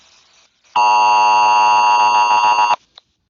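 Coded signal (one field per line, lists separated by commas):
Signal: Emergency Alert System (SAME) tones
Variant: 853 and 960 Hz attention tone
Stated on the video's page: Fictional Emergency Alert System scenario, a simulated alert.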